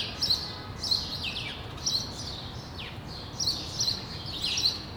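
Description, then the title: Sparrows chirping in lively bursts over a light background hum. Sparrows on Rue de l'épargne, Brussels, Belgium, recorded for World Sparrow Day with Lom mikroUši AB microphones into a Deity PR-2 recorder. "Rue de l'épargne, Bruxelles, Bruxelles-Capitale, Belgique - World Sparrow Day"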